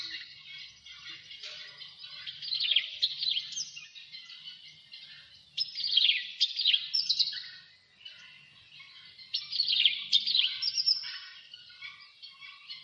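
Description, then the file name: Javan bush lark song: waves of dense, scratchy high twittering that swell and fade every few seconds. "suara burung branjangan jawa"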